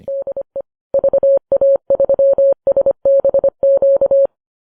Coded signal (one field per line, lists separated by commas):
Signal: Morse code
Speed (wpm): 25 wpm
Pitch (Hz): 550 Hz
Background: none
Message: DE VA3SBQ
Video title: The Vise Closes: the Eastern Front, episode 91